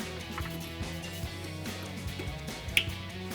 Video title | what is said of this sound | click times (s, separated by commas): 2019-2024 RAM 1500 Elite Retractable Power Running Boards Review & Install | Press these in until you hear the click. | 2.8 s